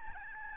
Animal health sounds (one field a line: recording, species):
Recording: mosquito wingbeat signal from an infrared sensor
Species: Aedes albopictus